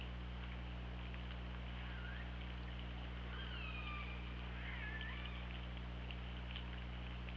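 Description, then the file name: Orca calls, several upswept and down-slurred squealing tones with harmonics over steady low hum and clicking hiss. Recorded by OrcaLab hydrophone on 24 August 2017 around 08:02. "Orca Lab UTLN JASON 20170824 080228"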